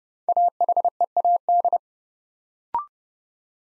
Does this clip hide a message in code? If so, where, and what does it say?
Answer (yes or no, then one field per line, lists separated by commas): yes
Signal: Morse code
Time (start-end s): 0.3-1.8 s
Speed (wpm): 30 wpm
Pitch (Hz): 700 Hz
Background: none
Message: AHEAD